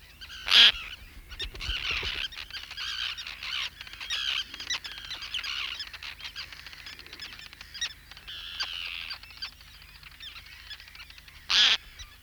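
Roseate tern calls, a dense chorus of harsh, grating cries from many birds, with loud sharp calls near the start and again near the end.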